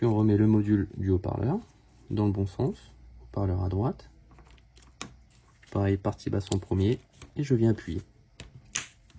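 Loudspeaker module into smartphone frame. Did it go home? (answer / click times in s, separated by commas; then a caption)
yes / 8.8 s. A loudspeaker module is put back into a Samsung S24 Ultra smartphone frame the right way round, speaker on the right, bottom edge first, and then pressed down. Someone talks while small clicks and taps are heard, and the module seats with a sharp click at 8.8 s.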